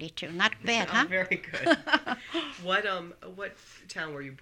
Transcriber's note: they laugh